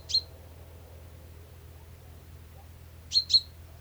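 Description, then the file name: Common chaffinch with one crisp high call note, then a pause of about three seconds and a quick pair of the same sharp notes, over a faint low rumble. "Fringilla coelebs"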